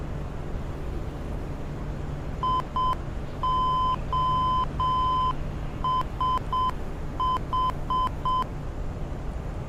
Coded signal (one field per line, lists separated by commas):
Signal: Morse code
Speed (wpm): 7 wpm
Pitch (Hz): 1020 Hz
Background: none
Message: IOSH